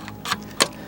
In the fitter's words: just goes down here like this, slides in, and clicks into place